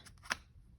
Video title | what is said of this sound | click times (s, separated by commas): Junk Journal - TUTORIAL - Soft Cover Journal | yes our magnet is working you hear that click | 0.3 s